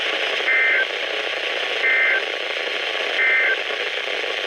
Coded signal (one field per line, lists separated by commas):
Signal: Emergency Alert System (SAME) tones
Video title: EAS #179-#187: Alerts From Wakefield! | KHB36 & WXM57